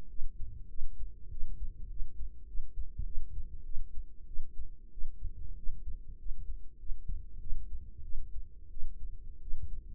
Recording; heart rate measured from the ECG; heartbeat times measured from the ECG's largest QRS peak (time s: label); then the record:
heart sounds by microphone in the right ear; 97 bpm
0.08 s: heartbeat
0.68 s: heartbeat
1.30 s: heartbeat
1.88 s: heartbeat
2.46 s: heartbeat
3.04 s: heartbeat
3.64 s: heartbeat
4.26 s: heartbeat
4.90 s: heartbeat
5.55 s: heartbeat
6.17 s: heartbeat
6.78 s: heartbeat
7.39 s: heartbeat
8.02 s: heartbeat
8.70 s: heartbeat
9.40 s: heartbeat
From the record:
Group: healthy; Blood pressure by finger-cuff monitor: 112/69 mmHg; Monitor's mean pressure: 84 mmHg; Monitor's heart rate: 98 bpm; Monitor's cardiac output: 7.9 L/min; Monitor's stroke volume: 80 mL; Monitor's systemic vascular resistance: 770 dyn s/cm5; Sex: female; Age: 22 years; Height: 157 cm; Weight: 47.6 kg